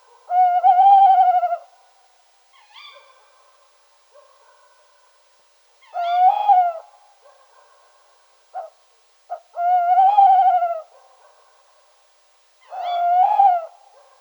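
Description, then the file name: Tawny owl giving full, harmonic hoots, four strong drawn-out notes separated by quiet gaps, with brief softer calls and short sharp notes in between. "Strix aluco"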